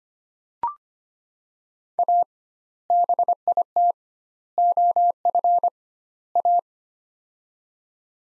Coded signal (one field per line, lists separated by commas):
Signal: Morse code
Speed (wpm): 25 wpm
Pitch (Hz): 700 Hz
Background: none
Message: A BIT OF A